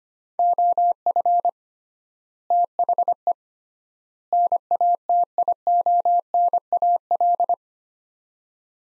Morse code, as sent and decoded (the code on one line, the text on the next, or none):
--- ..-. / - .... . / -. .- - .. --- -. .- .-..
OF THE NATIONAL